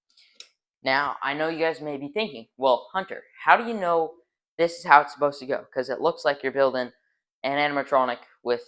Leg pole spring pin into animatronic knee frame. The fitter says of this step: snap it into place